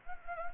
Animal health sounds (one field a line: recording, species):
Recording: mosquito wingbeat signal from an infrared sensor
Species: Anopheles arabiensis